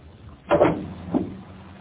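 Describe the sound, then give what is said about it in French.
A car hood is opened at a garage to check the failed brakes: a dull mechanical clunk and rattle, then a second shorter thud about half a second later, with no voices. “Voyons ça. Ouvrez votre capot.”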